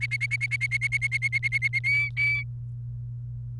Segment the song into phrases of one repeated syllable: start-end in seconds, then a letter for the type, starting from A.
0.01-1.79 A, 1.84-2.43 B